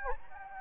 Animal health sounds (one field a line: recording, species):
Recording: mosquito wingbeat signal from an infrared sensor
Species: Anopheles gambiae